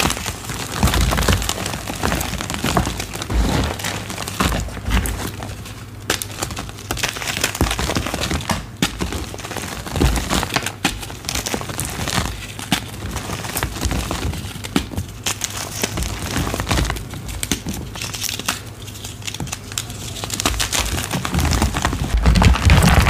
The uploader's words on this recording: Baby Oil Gym Chalk Crushing Compilation.